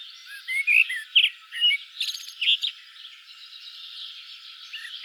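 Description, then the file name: Common blackbird song: a few fluted phrases with high twitters, then a quieter stretch. "Turdus merula"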